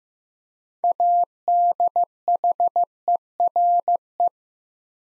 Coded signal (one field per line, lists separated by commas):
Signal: Morse code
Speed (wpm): 15 wpm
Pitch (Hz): 700 Hz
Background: none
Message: ADHERE